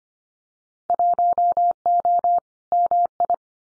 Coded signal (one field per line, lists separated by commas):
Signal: Morse code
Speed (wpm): 25 wpm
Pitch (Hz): 700 Hz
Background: none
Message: 1O MI